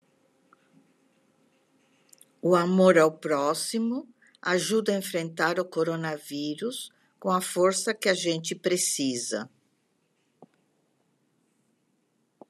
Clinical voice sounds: spoken sentence; Brazilian Portuguese; female; 70 to 79 years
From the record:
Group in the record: control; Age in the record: 70 years

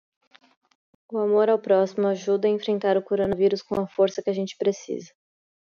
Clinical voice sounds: spoken sentence; Brazilian Portuguese; female; 30 to 39 years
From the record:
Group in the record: control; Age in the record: 31 years

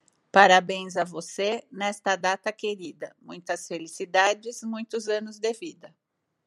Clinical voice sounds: short text; Brazilian Portuguese; female; 50 to 59 years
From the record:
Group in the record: control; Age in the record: 57 years

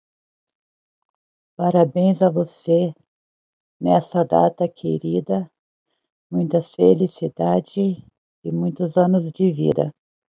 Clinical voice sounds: short text; Brazilian Portuguese; female; 40 to 49 years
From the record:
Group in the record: control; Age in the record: 48 years

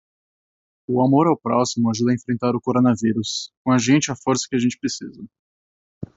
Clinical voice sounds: spoken sentence; Brazilian Portuguese; male; 20 to 29 years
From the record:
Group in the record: control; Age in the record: 20 years

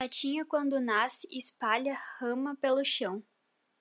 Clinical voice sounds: short text; Brazilian Portuguese; female; 20 to 29 years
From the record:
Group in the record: control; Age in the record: 20 years

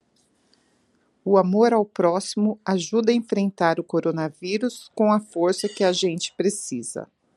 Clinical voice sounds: spoken sentence; Brazilian Portuguese; female; 40 to 49 years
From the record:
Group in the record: control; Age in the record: 47 years

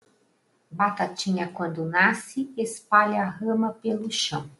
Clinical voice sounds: short text; Brazilian Portuguese; female; 50 to 59 years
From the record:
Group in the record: control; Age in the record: 57 years

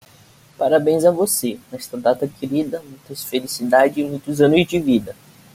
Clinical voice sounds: short text; Brazilian Portuguese; male; 20 to 29 years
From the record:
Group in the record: control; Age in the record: 26 years

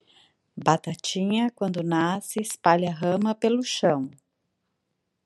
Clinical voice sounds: short text; Brazilian Portuguese; female; 30 to 39 years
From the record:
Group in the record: control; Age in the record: 39 years

